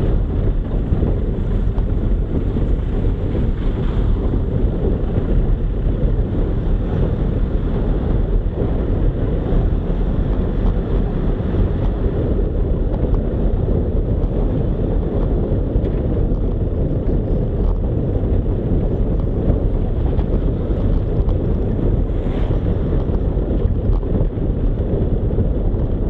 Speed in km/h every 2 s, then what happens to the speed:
20, 20, 23, 24, 26, 30, 32, 31, 31, 30, 30, 31, 30.
0-12 speeds up to 32. 12-26 steady at about 31.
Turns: none.